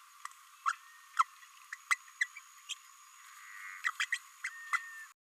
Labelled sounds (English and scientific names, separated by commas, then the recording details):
Green-rumped Parrotlet (Forpus passerinus) babbling
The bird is a female
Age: 29 days
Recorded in a nest box in Venezuela
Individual 17B32A5